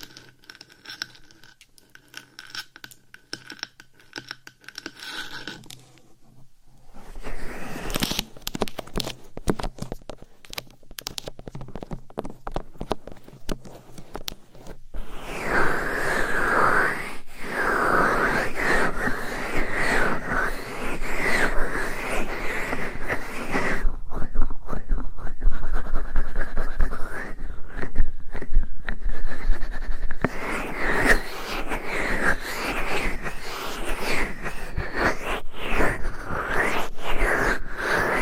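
Mic scratching and rubbing in close-up ASMR style, starting quietly with faint sparse taps for the first six seconds. Dense, rough scraping then builds, becoming a loud, continuous brushy texture from about fifteen seconds on, with brief dips around twenty-four and thirty seconds.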